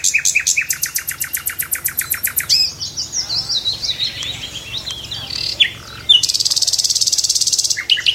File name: Nachtegaal